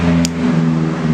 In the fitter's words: tidak terkunci seperti ini, hanya terlihat terkunci, harus diketuk perlahan.